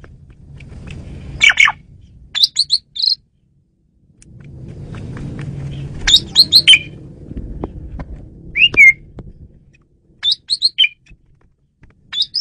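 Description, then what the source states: Asian pied starling squeaky calls and whistles in brief groups, heard over a steady low hum that comes and goes. Female bird, used as a lure (pemikat) bird.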